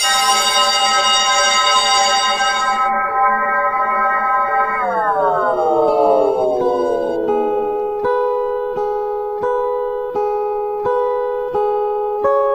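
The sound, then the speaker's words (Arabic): A loud, eerie bell like a school recess bell rings at an educational centre, where it sounds about every quarter hour, with a distorted, buzzing tone that sags downward in pitch midway, then settles into a steady rattling ring with regular pulses. No voices. “كمان كان في جرس بيدق تقريبا كل ربع ساعة، جرس زي جرس الفسحة في المدارس، بس صوته كان مختلف متداخل، ويعني قلب على سنة ازعاج، على سنة رعب شوية.”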